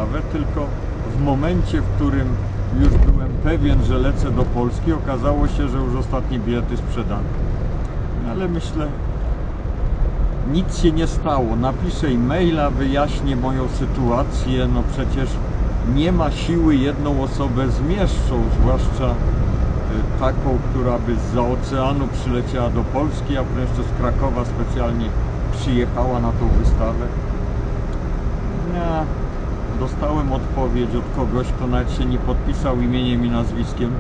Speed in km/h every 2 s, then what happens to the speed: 55, 57, 57, 61, 61, 63, 64, 65, 65, 66, 67, 69, 68, 69, 68, 68, 67.
0-22 speeds up to 69. 22-34 steady at about 68.